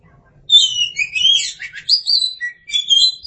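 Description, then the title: Oriental magpie-robin song: after a moment of quiet, a string of clear, high whistles, some rising and some falling, mixed with short chirps. "Suara Kicauan Burung Kacer"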